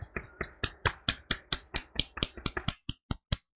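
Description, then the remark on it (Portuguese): A group claps in unison at a ceremony of the 17th BPM battalion welcoming a new soldier: about sixteen sharp, crisp claps at a steady quick rhythm that thins and spaces out toward the end, with no voices. “Palmas.”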